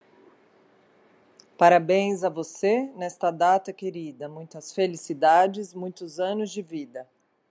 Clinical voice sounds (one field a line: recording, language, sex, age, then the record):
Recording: short text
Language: Brazilian Portuguese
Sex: female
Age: 40 to 49 years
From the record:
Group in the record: control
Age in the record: 47 years